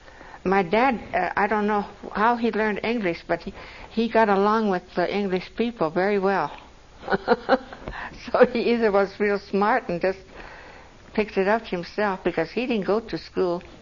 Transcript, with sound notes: My dad - I don't know how he learned English but he - he got along with the English people very well. (laughs) So he either was real smart and just picked it up himself because he didn't go to school.